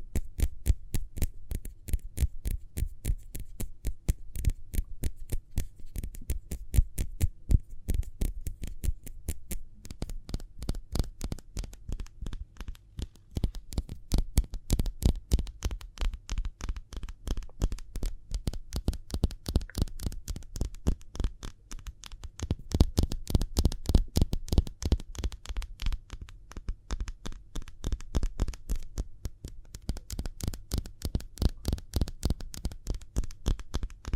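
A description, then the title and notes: Speedy hand sounds: rapid, dense sharp slaps or claps in a fast steady rhythm, continuing for the whole stretch over a low hum. ASMR Speedy Hand Sounds (No Talking).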